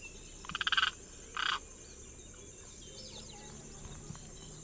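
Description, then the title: Limpkin call, two short bursts of stuttering, harmonic notes within the first two seconds, then quiet background. Subspecies Aramus guarauna guarauna. "LuckyPassaro Completos2Sama. Limpkin (Aramus guarauna guarauna)"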